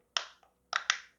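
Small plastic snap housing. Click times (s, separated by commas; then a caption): 0.2 s, 0.9 s. A plastic housing half of a 2015–2019 Ford key fob remote is set over the two tabs on the other half and pushed down until it snaps closed. Sharp plastic clicks land at 0.2 s and 0.9 s, with a faint tick near 0.4 s and another crisp snap around 0.8 s just before the second click. The shell seats firmly and solidly together.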